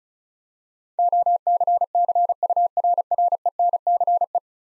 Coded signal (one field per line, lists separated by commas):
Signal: Morse code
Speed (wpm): 36 wpm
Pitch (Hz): 700 Hz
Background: none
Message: OCCURRENCE